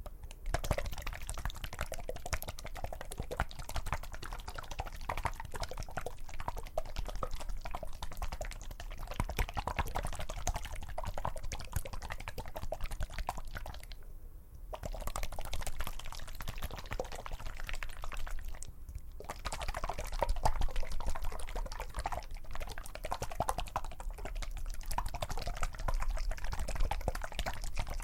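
Tapping, rubbing and liquid sounds run through the whole clip, a dense, busy patter of small clicks and wet drips over a steady low rumble. Brief near-silent gaps fall around 14 and 19 seconds, then the crackly, dripping texture resumes, slightly louder toward the end.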